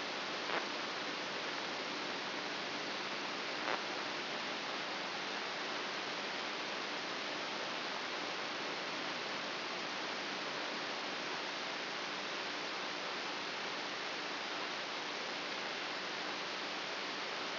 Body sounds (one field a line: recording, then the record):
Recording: brain microelectrode recording played as sound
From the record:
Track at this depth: inside the subthalamic nucleus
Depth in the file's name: 4.44 mm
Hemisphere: right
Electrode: 2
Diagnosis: Parkinson's disease